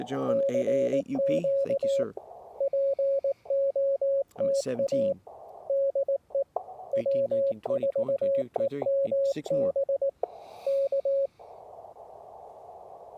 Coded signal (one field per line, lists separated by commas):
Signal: Morse code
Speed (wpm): 19 wpm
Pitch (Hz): 560 Hz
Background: speech, radio noise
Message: CQ POTA DE W4EMB K